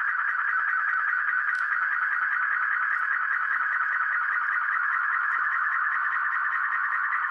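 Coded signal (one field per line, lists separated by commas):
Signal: multi-tone FSK (Olivia or MFSK type)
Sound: continuous warbling, buzzy data tone in the mid range, even and unbroken throughout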